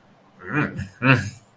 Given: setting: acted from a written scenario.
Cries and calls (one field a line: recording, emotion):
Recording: vocal sound without words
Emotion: disgust